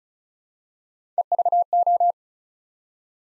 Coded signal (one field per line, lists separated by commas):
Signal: Morse code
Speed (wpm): 36 wpm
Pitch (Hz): 700 Hz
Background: none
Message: EVO